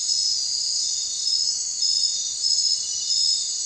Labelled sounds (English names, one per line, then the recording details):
none
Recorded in secondary vegetation near Puerto Asís, Putumayo, Colombia, on 29 June 2025 at 00:30
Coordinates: 0.499, -76.323
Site G077